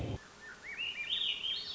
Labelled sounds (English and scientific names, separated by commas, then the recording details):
Swainson's Thrush (Catharus ustulatus)
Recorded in Sonoma County, California